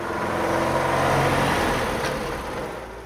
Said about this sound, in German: Als das Auto um den Platz jagte, ließ es an der Ecke den einsamen Stand eines Kastanienrösters hinter sich